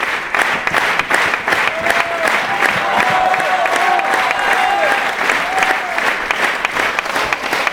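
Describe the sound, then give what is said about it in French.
Loud, sustained applause from a large theatre audience rising to its feet in a standing ovation, a dense continuous clatter of many hands clapping at once, with scattered whoops and cheers rising through it. “Alors, peu à peu, comme chaque jour, la foule monte et la foule se met debout, là, c'est une standing ovation, comme on dit.”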